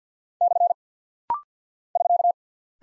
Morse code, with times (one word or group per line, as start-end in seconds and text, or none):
0.4-0.7 /
2.0-2.3 <SK>